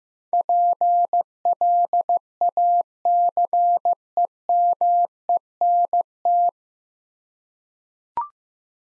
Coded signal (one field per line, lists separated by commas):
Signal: Morse code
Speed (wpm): 15 wpm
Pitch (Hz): 700 Hz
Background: none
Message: PLACEMENT